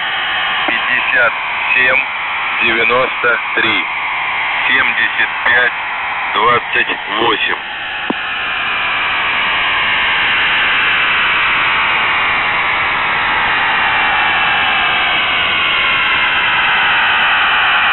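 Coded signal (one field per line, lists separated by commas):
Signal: coded military voice message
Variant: The Goose, Russian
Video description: "The Goose" is a Russian military radiostation that broadcasts on 4310 kHz at daytime and on 3243 kHz at nighttime.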